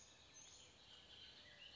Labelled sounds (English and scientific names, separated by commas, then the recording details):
Bullock's Oriole (Icterus bullockii)
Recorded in Sonoma County, California